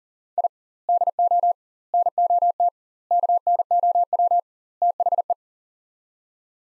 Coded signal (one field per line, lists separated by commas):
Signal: Morse code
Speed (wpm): 40 wpm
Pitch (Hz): 700 Hz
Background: none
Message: I DO NOT KNOW THE